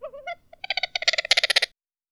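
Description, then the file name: Bird calling with a few harmonic, wavering notes, then a quickening series of harsh, clipped squawks that grows louder before stopping abruptly. "exotic bird sounds"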